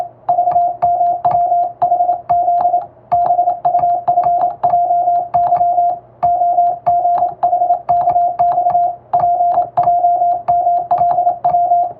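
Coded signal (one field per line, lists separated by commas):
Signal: Morse code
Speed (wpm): 27 wpm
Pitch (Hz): 700 Hz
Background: music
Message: VMWHZ BUFJY OGHKX PJMLW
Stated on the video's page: Hand-keyed international Morse practice sent with a telegraph key, by a first-class radiotelegraph operator using a telegram sending practice book.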